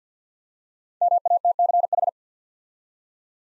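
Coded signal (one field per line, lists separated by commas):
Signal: Morse code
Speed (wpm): 47 wpm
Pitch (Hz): 700 Hz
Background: none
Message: MATCH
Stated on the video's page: Morse practice set at 50wpm of 5-letter words for head-copy, each word sent twice.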